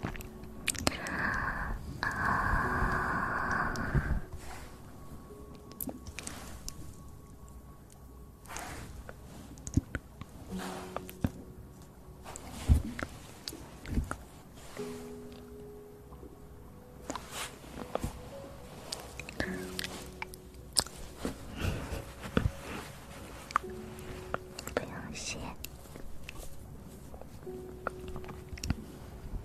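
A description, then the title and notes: Rapid mouth sounds: a loud, dense wet burst in the first four seconds, then a quick scatter of sharp clicks, pops and smacks. Short low hummed tones come and go between the clicks from about ten seconds on. Fastest Mouth Sounds.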